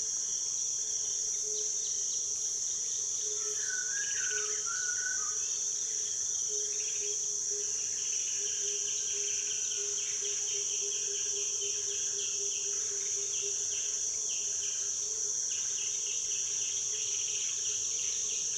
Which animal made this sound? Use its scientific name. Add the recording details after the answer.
Cossypha cyanocampter. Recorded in Kibale, Uganda